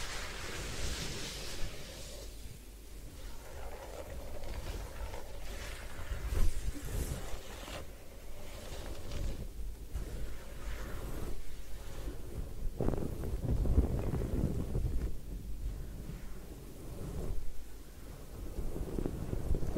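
A head spa hair wash with massage: a steady, dense wash of rushing and rubbing noise over a deep rumble. It swells in broad surges near 1, 6–7, 13 and 16 seconds, with scratchy rustles between, and never falls silent.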